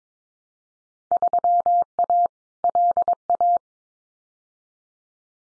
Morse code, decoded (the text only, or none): 3A LA